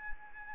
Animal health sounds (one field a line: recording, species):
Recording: mosquito wingbeat signal from an infrared sensor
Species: Anopheles arabiensis